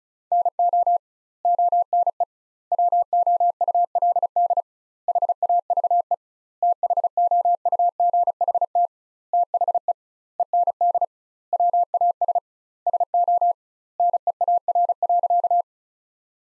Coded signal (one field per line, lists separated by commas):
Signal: Morse code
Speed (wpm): 34 wpm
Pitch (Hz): 700 Hz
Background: none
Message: NO ONE WOULD HAVE THOUGHT THE END WAS SO NEAR.